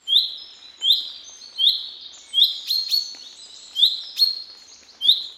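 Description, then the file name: Common chaffinch calling: several short bright notes repeated irregularly, a few with sharper high clicks, over a quiet background. "vink"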